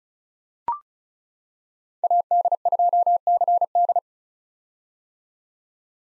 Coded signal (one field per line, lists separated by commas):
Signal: Morse code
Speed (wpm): 36 wpm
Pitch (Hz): 700 Hz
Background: none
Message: AD2CD